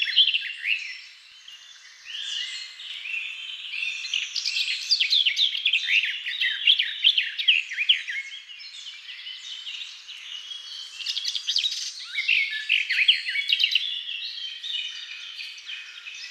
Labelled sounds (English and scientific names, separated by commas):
Garden Warbler (Sylvia borin) song